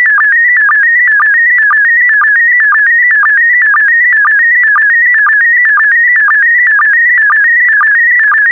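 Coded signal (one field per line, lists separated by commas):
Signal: SSTV (slow-scan television)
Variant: PD120 mode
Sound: warbling, stepping tone with a regular short low blip about twice a second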